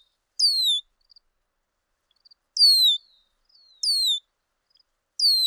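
Bird song: high, clear whistles gliding downward, repeated four times, with faint soft twitters between them.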